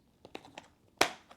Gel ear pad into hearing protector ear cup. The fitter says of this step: There's a snap there. And it looks like that one snap got us all the way in.